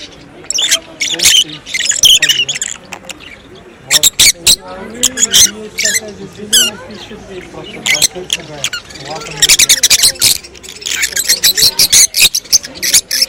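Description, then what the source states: Rosy-faced lovebird chattering: bursts of shrill, scratchy chirps broken by softer, wavering lower notes and pauses. Close-up of a rosy-faced lovebird singing.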